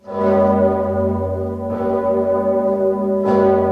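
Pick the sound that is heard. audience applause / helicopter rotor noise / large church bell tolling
large church bell tolling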